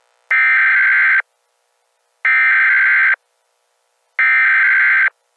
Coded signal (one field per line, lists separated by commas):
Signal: Emergency Alert System (SAME) tones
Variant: header bursts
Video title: (EAS) National Perodic Test 8/11/21